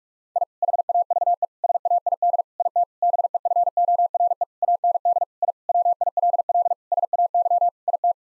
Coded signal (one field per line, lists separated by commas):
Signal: Morse code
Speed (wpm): 46 wpm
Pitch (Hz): 700 Hz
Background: none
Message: I HAVE SAID IT BEFORE AND I WILL SAY IT